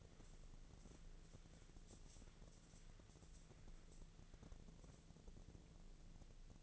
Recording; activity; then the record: daily activity, microphone in the room; wipe stove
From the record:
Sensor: 4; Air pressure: 1001.3 hPa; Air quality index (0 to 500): 183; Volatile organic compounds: 2 ppm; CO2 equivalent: 1308 ppm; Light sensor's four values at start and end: 13/29/12/12 and 13/29/12/12